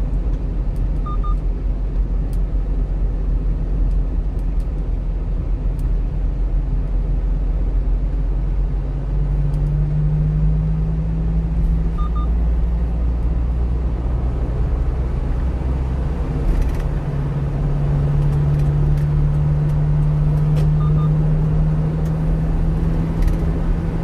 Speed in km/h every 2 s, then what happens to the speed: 38, 36, 38, 37, 42, 47, 50, 55, 60, 63, 66, 70.
0-6 steady at about 37. 6-24 speeds up to 70.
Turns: 0-9.